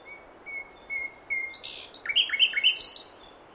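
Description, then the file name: Common nightingale song: a few pure whistled notes repeated, then harsh buzzy bursts and rich repeated notes, over a faint steady background hiss. "Luscinia megarhynchos"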